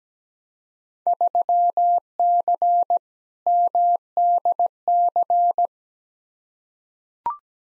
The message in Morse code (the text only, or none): 3C MDC